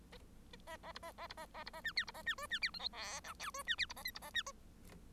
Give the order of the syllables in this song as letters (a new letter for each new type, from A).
A A B A A B A A B A C D B A C E C D F G H I J E C D B A K B A C